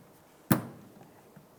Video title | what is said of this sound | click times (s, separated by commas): How to Replace Rear Parking Assist Sensors 2005-2007 Ford Five Hundred | you hear it snap into place if you need to you can repeat that process for the other three | 0.5 s